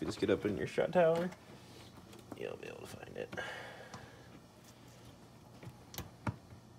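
A wheel speed sensor (ABS) wiring harness clip on a 2000–2007 Tahoe, Suburban or Silverado is handled near a flat bracket tab on the shock tower, where it slides on until it locks. Someone talks at the start, followed by faint rustling and a few small sharp ticks near 3.9, 6.0 and 6.3 seconds. The clip has not locked onto the tab yet; nothing has seated or clicked.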